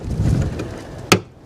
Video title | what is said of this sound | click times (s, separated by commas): How to replace Toyota Camry Tail lights easily | and there you go that's now nice and locked and tight so just lift a little bit | 1.1 s